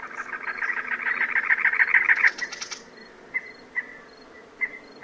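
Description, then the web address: Cactus wren giving a harsh, rapid chugging series of grating notes for nearly three seconds, then quiet with a faint steady high ticking and a few short chirps. Cactus wren from North America, among common western species. "Songs of Birds of North America Know Your Bird Sounds. Cactus Wren"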